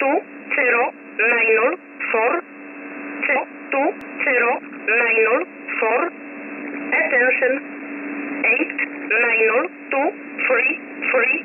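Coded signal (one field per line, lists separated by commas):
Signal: numbers station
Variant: E11 Oblique, English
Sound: female synthetic voice reading digit groups over radio, steady low hum beneath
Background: radio static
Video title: 07 05 2021 Number station E11 Oblique in English to Eu 0753 on 15720 unknown tx site in USB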